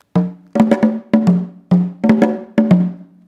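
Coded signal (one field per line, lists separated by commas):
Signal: talking drum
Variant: Akan talking drum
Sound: rhythmic low drum strokes in short groups with ringing pitched tones, about ten strikes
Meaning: Kwabena, a male child born on Tuesday, the Creator's drum for today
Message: Akwabana Tua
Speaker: Akwabana Tua. Akwabana Tua. That means Kwabana, I'm a male child born on Tuesday, and I am the Creator's drum for today.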